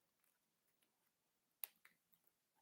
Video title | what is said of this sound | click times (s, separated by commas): Hot Toys Iron Man Mark V Suit-Up Unboxing and Assembly! | always looking for the good snaps not hearing it just yet there oh there goes one and | 1.6 s